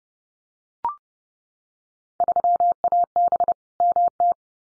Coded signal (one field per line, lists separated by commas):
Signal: Morse code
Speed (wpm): 30 wpm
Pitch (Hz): 700 Hz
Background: none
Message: 3AB MT